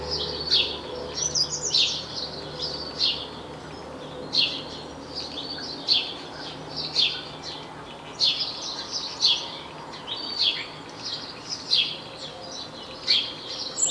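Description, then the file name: House sparrow chirps, rapid scratchy cheeps repeated in irregular clusters throughout, over a low background hum. "Passer domesticus"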